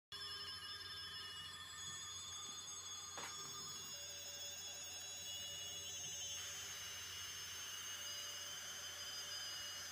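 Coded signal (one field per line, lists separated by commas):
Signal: RTTY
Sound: dense buzzing hiss with steady whine tones, faint warbling two-tone teletype underneath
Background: radio static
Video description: This is RFI interference caused by powerline adapters. Captured during worldwide HAM RTTY contest.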